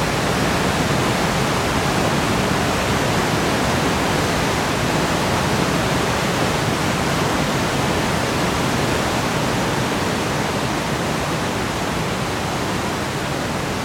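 A forest stream rushes in a steady, dense wash of water noise, full and even from low rumble to bright hiss, never changing.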